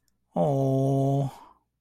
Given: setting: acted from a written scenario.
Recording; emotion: vocal sound without words; sympathy